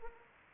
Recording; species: mosquito wingbeat signal from an infrared sensor; Anopheles arabiensis